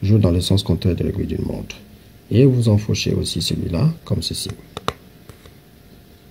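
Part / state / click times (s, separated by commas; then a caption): integrated circuit chip into IC socket on circuit board / seated / 4.9 s. An integrated circuit chip is pressed into its socket on a circuit board while someone talks. A sharp click at 4.9 s marks the chip snapping in, followed by a couple of faint ticks, and the chip is properly seated.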